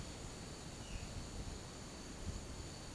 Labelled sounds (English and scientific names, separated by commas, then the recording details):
none
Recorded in pastures near Puerto Asís, Putumayo, Colombia, on 13 March 2025 at 14:00
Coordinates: 0.486, -76.323
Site G075